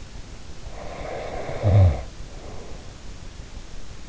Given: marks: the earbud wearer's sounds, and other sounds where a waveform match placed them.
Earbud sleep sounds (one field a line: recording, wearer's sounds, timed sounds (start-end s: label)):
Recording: sounds in sleep by an in-ear microphone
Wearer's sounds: snoring breath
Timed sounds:
0.67-3.07 s: snoring breath